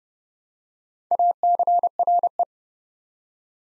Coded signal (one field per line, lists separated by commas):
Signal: Morse code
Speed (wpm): 32 wpm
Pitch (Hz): 700 Hz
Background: none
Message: ACRE